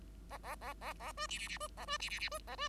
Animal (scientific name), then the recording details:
Lonchura striata domestica. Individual Bird5